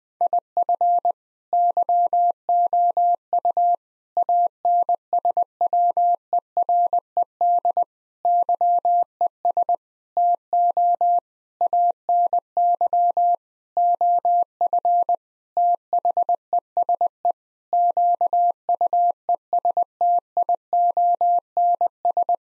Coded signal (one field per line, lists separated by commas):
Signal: Morse code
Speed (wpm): 21 wpm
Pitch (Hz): 700 Hz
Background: none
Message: IF YOU ANSWERED YES TO ANY OF THESE QUESTIONS